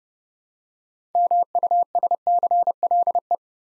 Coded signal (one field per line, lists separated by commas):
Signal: Morse code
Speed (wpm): 29 wpm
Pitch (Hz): 700 Hz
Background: none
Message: MUSCLE